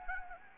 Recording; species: mosquito wingbeat signal from an infrared sensor; Anopheles gambiae